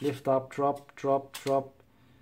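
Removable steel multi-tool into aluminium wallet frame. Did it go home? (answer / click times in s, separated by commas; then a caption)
no / none. A removable steel multi-tool is lifted and lowered into an aluminium wallet frame while someone talks in rhythmic bursts. The multi-tool has been handled but has not seated or clicked into place yet. The clip ends before it goes home.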